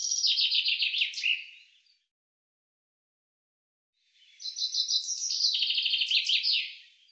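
Common chaffinch song: the end of one phrase, then about two seconds of silence, then a full phrase of fast repeated notes with a terminal flourish.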